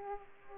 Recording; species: mosquito wingbeat signal from an infrared sensor; Aedes aegypti